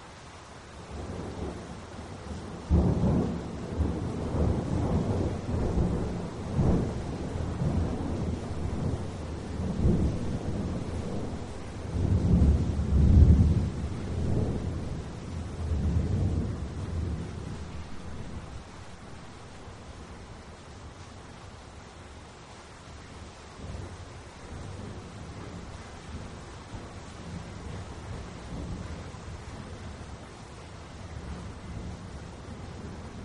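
Rain patters steadily throughout while a soft, low rumble of distant thunder rolls in near the start, swelling in pulses and peaking around thirteen seconds. After about twenty seconds the thunder fades, leaving a quieter, even hiss of rainfall with occasional faint low murmurs.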